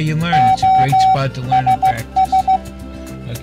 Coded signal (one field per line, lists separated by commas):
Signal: Morse code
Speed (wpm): 15 wpm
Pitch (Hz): 760 Hz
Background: speech, music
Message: OSS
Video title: 7 GREAT CW LEARNING SITES / LEARN MORSE CODE WEBSITES